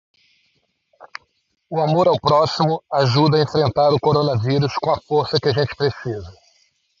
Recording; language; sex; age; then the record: spoken sentence; Brazilian Portuguese; male; 50 to 59 years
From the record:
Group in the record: control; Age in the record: 55 years